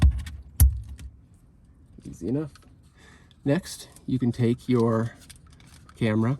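A new plastic power harness connector from a FITCAMX dash cam kit for a Ford F150 is plugged into the socket on the back of the rear-view mirror and seats with a sharp, loud click at 0.6 s, after a few faint taps. Someone then talks.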